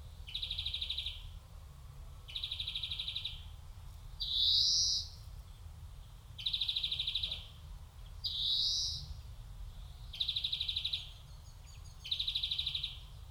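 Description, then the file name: European greenfinch giving rapid trilled calls around mid-high pitch, about one-second bursts every two seconds or so, broken twice by a rising, buzzy wheeze note. "Chloris chloris"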